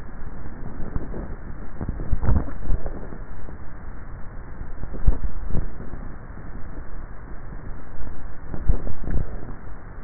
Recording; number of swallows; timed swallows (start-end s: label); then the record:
swallowing sounds by neck microphone; 3
1.97-2.97 s: swallow
4.97-5.73 s: swallow
8.57-9.47 s: swallow
From the record:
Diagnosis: dysphagia